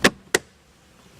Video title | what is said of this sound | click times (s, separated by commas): GH - Meter Hood Garnish MZ330443 | You'll hear it snap in good. | 0.1 s, 0.3 s